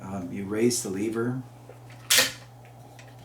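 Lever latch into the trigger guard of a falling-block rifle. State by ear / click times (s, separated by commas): seated / 2.1 s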